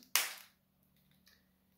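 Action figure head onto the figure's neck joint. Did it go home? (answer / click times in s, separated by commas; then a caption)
yes / 0.2 s. A swapped head is pushed back onto the plastic neck ball joint of a Spider-Man action figure, which is a Marvel Legends figure. It snaps into place with one sharp, loud pop at 0.2 s, followed by a faint, quieter tick near 1.3 s. The head is seated on the neck peg.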